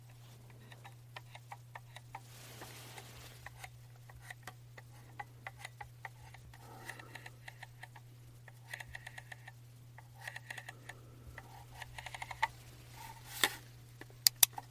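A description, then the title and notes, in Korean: A trackball mouse clicks and ticks: small, dry, irregular clicks scattered throughout, growing busier after about ten seconds, with a couple of sharper, louder clicks near the end. A steady low hum runs underneath the whole time. ASMR 듣기 좋은 트랙볼 마우스 소리.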